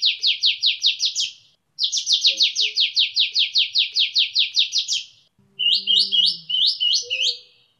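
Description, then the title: Bird song of rapid, high chirps in fast series, with short pauses between runs. "burung"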